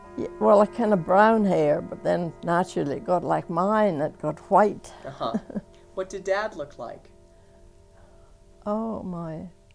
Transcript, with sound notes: Well, kind of brown hair but then, naturally, it got like mine. It got white. (she laughs)
What did Dad look like?
Oh, my.